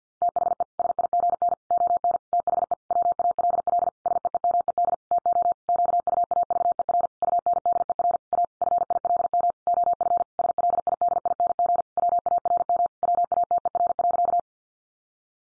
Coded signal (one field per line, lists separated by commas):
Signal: Morse code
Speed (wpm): 50 wpm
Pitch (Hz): 700 Hz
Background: none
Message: THE SIGN ON THE WALL SEEMED TO QUAVER UNDER A FILM OF SLIDING WARM WATER.